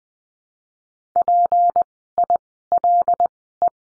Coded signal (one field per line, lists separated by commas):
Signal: Morse code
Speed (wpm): 20 wpm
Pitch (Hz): 700 Hz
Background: none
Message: PILE